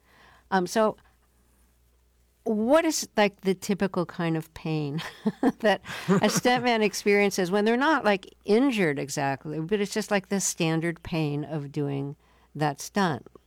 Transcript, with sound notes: So what is, like, the typical kind of pain (laughter) that a stuntman experiences when they're not, like, injured exactly, but it's just like the standard pain of doing that stunt?